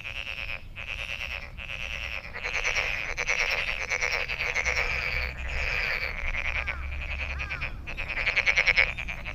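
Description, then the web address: Frog chorus of pulsed, rattling trills in short repeated bursts separated by brief gaps, several animals overlapping, with a faint low hum beneath. Recorded 23 May 2008. "misc sound frog frog 20080523-0442"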